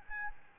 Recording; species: mosquito wingbeat signal from an infrared sensor; Aedes albopictus